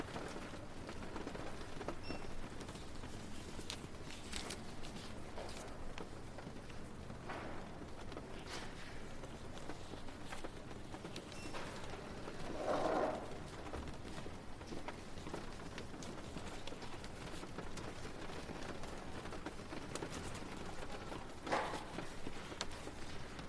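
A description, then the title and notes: Rain falls steadily in a dense, even patter, heard from indoors with a low murmur underneath. Sharp knocks and clicks break through every few seconds, with brighter bursts near 13 and 21 seconds, like small objects set down. Rainy Day at the Library. A cozy library on a rainy day.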